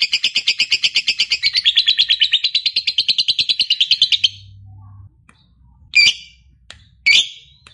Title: LOVEBIRD Malas Bunyi JADI GREGET SPONTAN Langsung NARIK